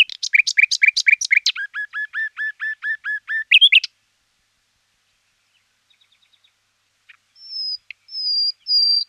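Common nightingale song: fast repeated chirps, then a run of lower slurred notes, a brief burst, a pause, and high pure whistles near the end.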